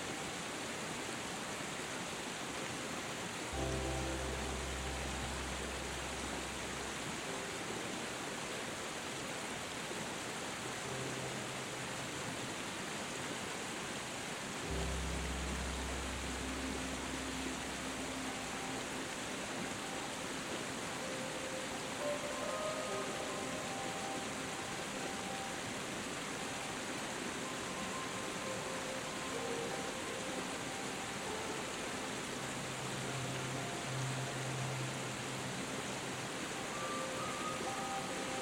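A gentle waterfall pours in a steady, dense rush, while soft, deep sustained notes and a faint melody drift in and out occasionally.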